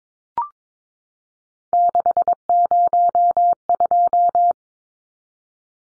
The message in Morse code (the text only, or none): 602